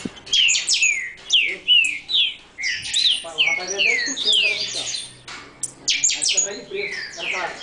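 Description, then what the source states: Green-winged saltator singing rich whistled phrases of rising and falling slurs, repeated in bursts over several seconds with short pauses between them. Brazilian bird.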